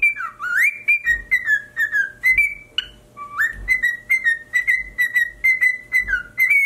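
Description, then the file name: Cockatiel song: loud swooping whistles dipping and rising, each followed by a string of short level whistled notes repeated two or three times a second, with soft thuds beneath. "Cockatiel Singing"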